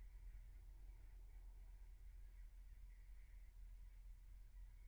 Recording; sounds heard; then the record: poultry house recording; no chicken sound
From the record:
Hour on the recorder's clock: 15